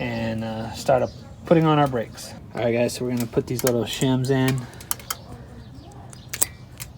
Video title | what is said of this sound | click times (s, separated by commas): 2008 Jeep Rubicon Brake Job (Gone Wrong😤) | they just snap right in place | 4.9 s, 6.4 s